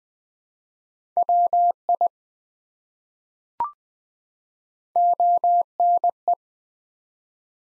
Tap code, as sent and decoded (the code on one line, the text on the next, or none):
none